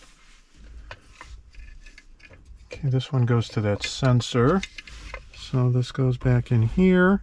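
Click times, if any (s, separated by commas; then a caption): none. A wiring harness connector is handled near its socket behind the center display of a Tesla Model 3/Y while the swivel screen mount is being reinstalled, with faint taps and rubbing heard early on and someone talking. The connector has not seated or clicked in yet by the end of the clip.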